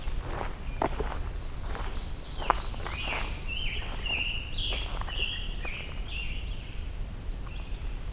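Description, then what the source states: American Robin song: short rich caroling phrases, slightly varied, in a steady series after footsteps crunch along a trail; a thin high whistled song sounds early on. Singing up ahead on a forest trail during a hike to Hector Falls in the Allegheny National Forest.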